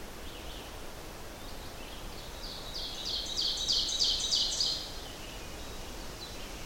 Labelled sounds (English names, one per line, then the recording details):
Ovenbird song
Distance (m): 50 m
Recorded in boreal forest in Alberta, Canada, on 12 June 2016 at 07:42
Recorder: SongMeter 3, array SBT-3-18
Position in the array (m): 122 m, 108 m
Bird 29